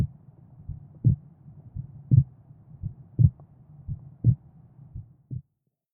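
A slow, regular adult heartbeat at about 56 beats per minute, with low-pitched paired lub-dub sounds.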